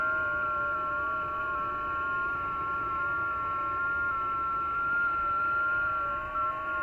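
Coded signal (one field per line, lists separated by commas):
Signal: FT8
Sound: steady warbling narrow tones near 1.4 kHz over hissy receiver noise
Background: radio static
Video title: 3D2CR, Conway Reef , Pacific Ocean , OC-112, 21MHz, FT8, Worked by HL2WA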